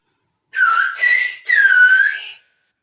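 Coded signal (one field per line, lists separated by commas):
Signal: whistled language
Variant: Silbo Gomero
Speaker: thanks for sharing those whistles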